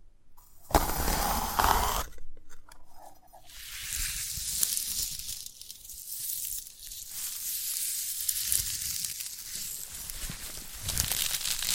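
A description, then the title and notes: Handling of a sprouted coconut, with crisp tearing and crinkling as fibrous husk is pulled and rubbed. A loud burst of ripping opens the clip, followed by brief pauses and taps near three seconds, then a long stretch of dense, bright scratching that swells and fades. ASMR of a Sprouted Coconut (No Talking).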